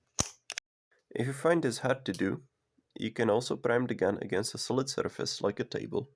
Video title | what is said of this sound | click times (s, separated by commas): FakeSteel Armory: LARP Blasters | When it reaches engagement, you will hear an audible click. | 0.5 s